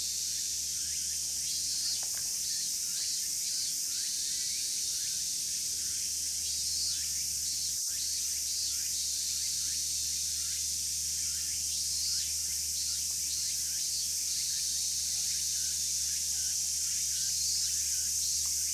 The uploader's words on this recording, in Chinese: HPLバイノーラル。マイクロフォン：RØDE NT-SF1（Upright）。